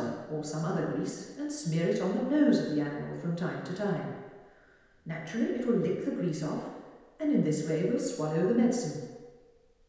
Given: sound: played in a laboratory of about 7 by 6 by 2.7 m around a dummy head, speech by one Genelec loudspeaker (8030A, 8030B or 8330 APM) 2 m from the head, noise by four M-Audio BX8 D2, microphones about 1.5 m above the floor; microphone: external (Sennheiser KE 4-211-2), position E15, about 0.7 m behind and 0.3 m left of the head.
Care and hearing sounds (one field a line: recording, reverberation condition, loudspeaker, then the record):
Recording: female speech in English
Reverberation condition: high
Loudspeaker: 120 degrees to the right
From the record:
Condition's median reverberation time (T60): about 1300 ms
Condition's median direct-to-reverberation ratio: about -4.0 dB